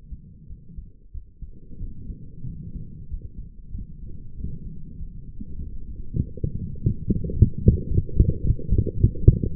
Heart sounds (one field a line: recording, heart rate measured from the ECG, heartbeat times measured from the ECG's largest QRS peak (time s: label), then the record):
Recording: heart sounds by stethoscope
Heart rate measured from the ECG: 97 bpm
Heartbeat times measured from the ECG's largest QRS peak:
0.48 s: heartbeat
1.13 s: heartbeat
1.79 s: heartbeat
2.46 s: heartbeat
3.10 s: heartbeat
3.73 s: heartbeat
4.36 s: heartbeat
4.99 s: heartbeat
5.59 s: heartbeat
6.20 s: heartbeat
6.80 s: heartbeat
7.39 s: heartbeat
7.98 s: heartbeat
8.58 s: heartbeat
9.17 s: heartbeat
From the record:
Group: healthy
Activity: light exercise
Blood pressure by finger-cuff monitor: 101/74 mmHg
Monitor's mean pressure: 83 mmHg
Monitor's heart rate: 96 bpm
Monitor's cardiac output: 6.7 L/min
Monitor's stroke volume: 71 mL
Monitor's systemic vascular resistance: 890 dyn s/cm5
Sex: female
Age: 22 years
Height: 163 cm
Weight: 67.1 kg